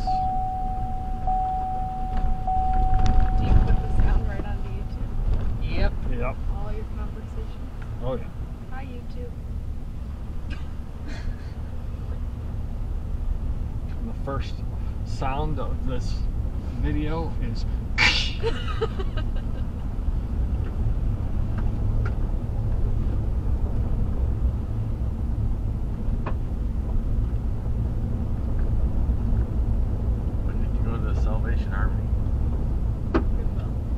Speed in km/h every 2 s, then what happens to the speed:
27, 31, 31, 29, 27, 27, 29, 29, 34, 37, 39, 39, 39, 42, 44, 44, 42.
0-14 steady at about 29. 14-27 speeds up to 44. 27-34 steady at about 44.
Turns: none.